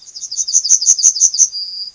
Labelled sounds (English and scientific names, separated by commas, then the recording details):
Yellowhammer (Emberiza citrinella) song
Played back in grassland
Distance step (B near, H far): B
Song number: 171